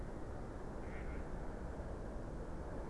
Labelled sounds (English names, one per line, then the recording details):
Mallard
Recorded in Germany
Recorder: ecoPi